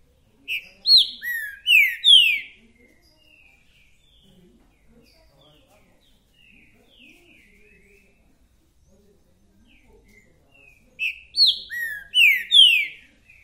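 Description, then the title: Green-winged saltator singing two loud phrases of rich, falling whistled notes, about ten seconds apart, with quiet scattered chirps between them. A 'repeater' that sings one song after another. "TRINCA FERRO MERCENARIO"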